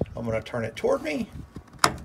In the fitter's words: hear that positive click and just pop it straight out